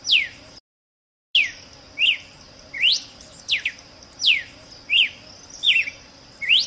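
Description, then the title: Red-cowled cardinal giving brisk swept chirps, some falling and some rising, roughly every second after a brief silent gap near the start, over a constant faint high hum. Female calling. "Canto Galo Campina Fêmea. GALO de CAMPINA { chamado }"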